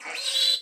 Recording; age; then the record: pig call; piglet (1 to 25 days)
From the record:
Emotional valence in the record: negative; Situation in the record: restrain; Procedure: in the arms of a person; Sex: female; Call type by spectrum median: high-frequency call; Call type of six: mixed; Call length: 0.61 s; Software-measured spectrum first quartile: 3413 Hz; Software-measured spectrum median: 3959 Hz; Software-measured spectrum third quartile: 4599 Hz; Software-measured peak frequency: 3991 Hz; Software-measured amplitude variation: 143 dB a second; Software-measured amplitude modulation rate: 18.7 a second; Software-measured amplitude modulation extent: 7.6 dB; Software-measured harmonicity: 6.6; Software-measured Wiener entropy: -2.49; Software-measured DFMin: 918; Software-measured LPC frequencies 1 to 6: 729, 1727, 2404, 3413, 3988, 4595 Hz